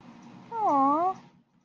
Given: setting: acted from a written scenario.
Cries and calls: vocal sound without words; sympathy

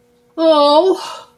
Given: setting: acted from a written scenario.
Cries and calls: vocal sound without words; distress

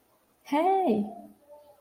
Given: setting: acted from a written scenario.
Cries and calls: vocal sound without words; positive surprise

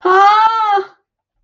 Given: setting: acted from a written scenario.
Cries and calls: vocal sound without words; distress

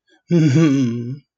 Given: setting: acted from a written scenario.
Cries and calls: vocal sound without words; romantic love

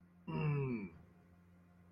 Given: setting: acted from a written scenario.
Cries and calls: vocal sound without words; anger

